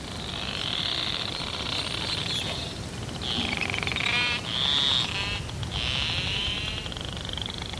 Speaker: ces cris que vous venez d'entendre, c'est des clics qui sont tellement proches, l'un à l'autre, tellement près, l'un à l'autre, que ça devient un creak, hein, au lieu d'un toc, toc, toc, toc. Et ça, c'est ce qu'ils utilisent pour se nourrir et naviguer.